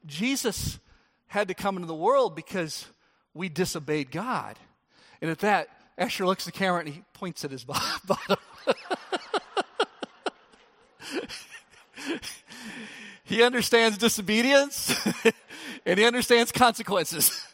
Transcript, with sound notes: “Jesus had to come into the world because we disobeyed God.” At that, Asher looks at the camera and he points at his bottom. (Laughter!) He understands disobedience and he understands consequences.